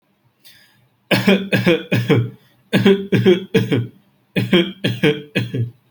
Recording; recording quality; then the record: shallow voluntary cough; excellent, no background noise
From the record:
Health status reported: healthy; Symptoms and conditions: none ticked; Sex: male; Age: 20 years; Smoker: not ticked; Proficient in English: yes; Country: India